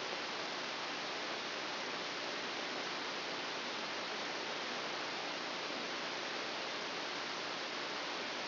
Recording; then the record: brain microelectrode recording played as sound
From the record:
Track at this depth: inside the subthalamic nucleus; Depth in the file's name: 3.513 mm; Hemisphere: left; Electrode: 2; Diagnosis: Parkinson's disease